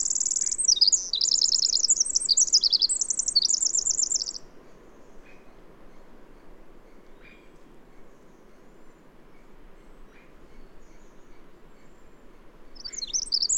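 Bird song, a fast high twittering warble lasting about four seconds, then near silence with a few faint ticks, before the song starts again at the end.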